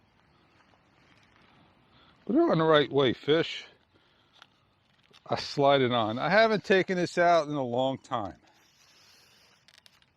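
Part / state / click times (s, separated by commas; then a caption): RC airplane wing onto fuselage / seated / 9.8 s, 9.9 s. Someone talks, then slides the wing of a foam RC plane onto its fuselage. Sharp clicks are heard at 9.8 s and 9.9 s as the wing locks into place, and the wing is seated.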